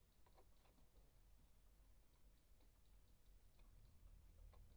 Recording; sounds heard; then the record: poultry house recording; no chicken sound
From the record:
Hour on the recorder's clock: 0